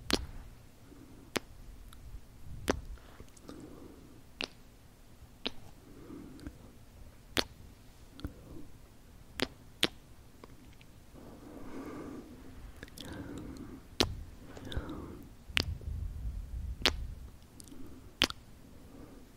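Crisp kiss sounds pop at a fairly steady pace, about one every second or so, each short and sharp. Soft, low mouth noises and breathy murmurs fill the gaps, growing fuller and busier in the last third.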